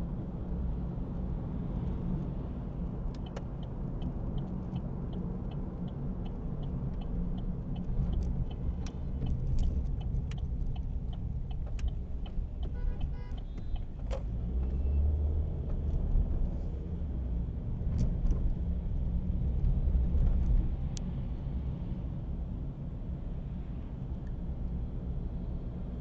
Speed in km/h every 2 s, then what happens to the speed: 54, 51, 50, 51, 50, 49, 41, 21, 15, 14, 20, 29, 30.
0-16 slows to 15. 18-26 speeds up to 30.